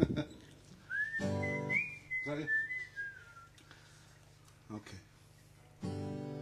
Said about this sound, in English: Bit whistling going.